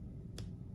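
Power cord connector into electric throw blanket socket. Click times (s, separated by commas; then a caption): 0.4 s. The power cord connector of an ALLJOY electric throw blanket is lined up with the socket on the blanket and pushed in. It snaps in with a single sharp click at 0.4 s over a low background hum, and the plug is seated.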